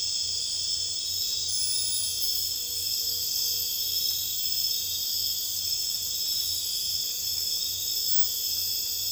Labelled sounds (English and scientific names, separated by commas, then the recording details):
none
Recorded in dense forest near Puerto Asís, Putumayo, Colombia, on 26 December 2024 at 00:30
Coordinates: 0.484, -76.325
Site G056